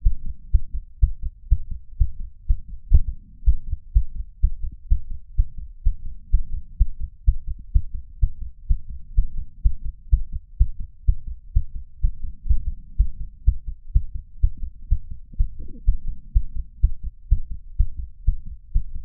Skipping Heartbeat.